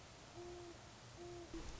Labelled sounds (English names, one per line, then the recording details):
Great Horned Owl
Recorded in Sonoma County, California